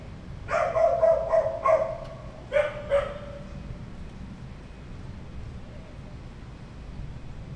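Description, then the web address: Dog barking, a quick run of five sharp barks followed by two more, then quiet with a low steady background hum. "verbi voco danca visual. Chiens"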